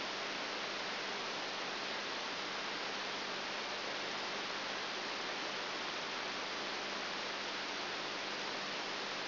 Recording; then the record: brain microelectrode recording played as sound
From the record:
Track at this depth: outside the subthalamic nucleus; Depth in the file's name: 0.705 mm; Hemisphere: left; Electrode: 3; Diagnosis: Parkinson's disease